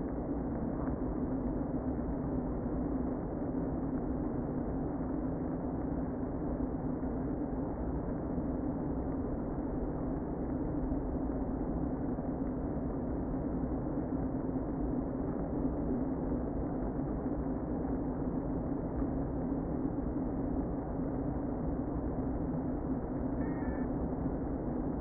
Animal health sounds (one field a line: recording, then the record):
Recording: honeybee colony, microphone inside the hive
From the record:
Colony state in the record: queen present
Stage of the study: before two queens were removed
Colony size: about 60,000 bees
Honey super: yes